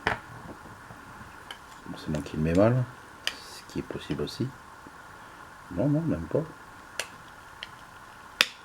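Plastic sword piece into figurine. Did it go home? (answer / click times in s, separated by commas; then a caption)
yes / 8.4 s. A plastic sword piece is pressed into a plastic figurine after an earlier attempt seemed loose, while someone talks. A few light clicks are heard, then a loud, sharp snap at 8.4 s as the sword clips into place and is seated.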